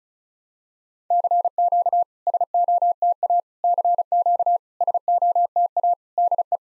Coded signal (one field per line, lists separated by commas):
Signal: Morse code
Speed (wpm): 36 wpm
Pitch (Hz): 700 Hz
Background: none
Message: CQ SOTA CQ SOTA DE